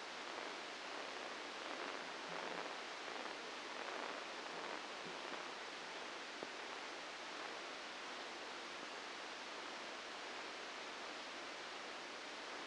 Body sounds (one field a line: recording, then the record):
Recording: brain microelectrode recording played as sound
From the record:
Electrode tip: outside the subthalamic nucleus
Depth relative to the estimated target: 2 mm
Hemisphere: right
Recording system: NeuroSet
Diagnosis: Parkinson's disease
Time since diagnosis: 9 years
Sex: female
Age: 51 years